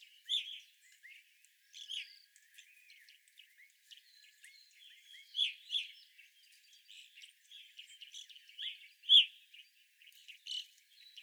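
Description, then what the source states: Evening grosbeaks giving loud chirps in clusters, with softer twittering notes in between. Several evening grosbeaks, recorded 25 April 2021.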